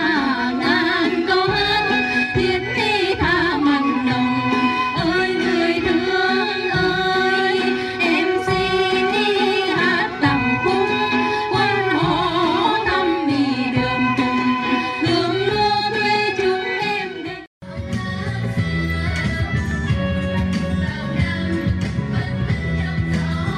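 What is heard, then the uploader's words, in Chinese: Monks chant at a Bangkok temple in a dense, steady drone of many voices, the pitch rising and falling in slow waves. At about seventeen seconds the sound cuts out for an instant, then resumes lower and heavier, without the clear melody. 片段三：20180122，曼谷金佛寺诵经。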